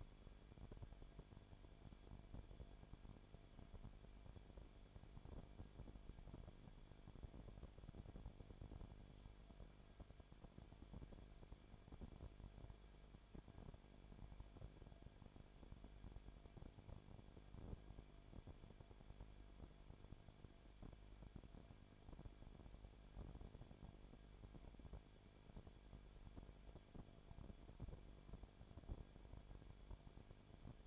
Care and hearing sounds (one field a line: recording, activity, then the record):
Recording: daily activity, microphone in the room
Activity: no activity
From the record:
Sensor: 5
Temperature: 19.8 degrees Celsius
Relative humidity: 33.2%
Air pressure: 1001.4 hPa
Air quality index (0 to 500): 32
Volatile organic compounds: 1 ppm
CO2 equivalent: 526 ppm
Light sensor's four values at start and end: 2/3/1/1 and 2/3/1/1